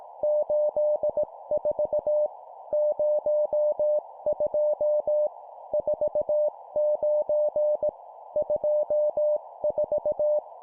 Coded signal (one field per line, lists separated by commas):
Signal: Morse code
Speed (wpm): 18 wpm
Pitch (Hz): 600 Hz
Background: none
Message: 84 02 49 24